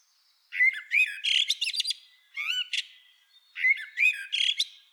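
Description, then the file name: Eurasian blackbird singing short phrases of mellow whistled notes, each followed by a shrill squeaky twitter, with a brief pause between phrases. "Turdus merula"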